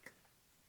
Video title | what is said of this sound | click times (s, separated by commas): 1999 Ford Ranger front locking hub replacement! | and it'll slide right on and then just keep pushing until it clicks. | 0.1 s